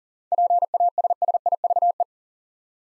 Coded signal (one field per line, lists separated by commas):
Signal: Morse code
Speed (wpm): 39 wpm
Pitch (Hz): 700 Hz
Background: none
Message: PASSIVE